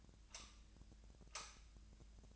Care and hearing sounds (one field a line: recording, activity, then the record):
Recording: daily activity, microphone in the room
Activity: light off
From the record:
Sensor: 2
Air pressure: 1009.7 hPa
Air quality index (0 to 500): 182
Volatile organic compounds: 11 ppm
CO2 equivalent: 2267 ppm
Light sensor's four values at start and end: 32/83/35/37 and 27/66/28/31